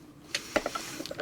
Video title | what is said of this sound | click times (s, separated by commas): Playmobil City Action set # 9314 (2018) Big Rig review | this folds up and snaps into place | 0.6 s